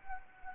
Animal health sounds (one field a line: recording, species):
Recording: mosquito wingbeat signal from an infrared sensor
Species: Anopheles arabiensis